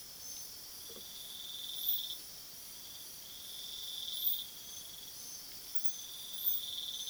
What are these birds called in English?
none